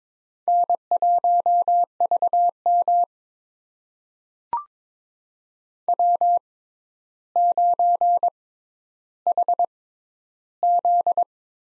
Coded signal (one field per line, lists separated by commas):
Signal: Morse code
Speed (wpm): 22 wpm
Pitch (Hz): 700 Hz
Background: none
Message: N1VM W9HZ